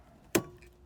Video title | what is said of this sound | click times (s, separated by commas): Streaky Wipers Getting You Pulled Over? Replace Them Now | you just heard it pop in pretty easily | 0.4 s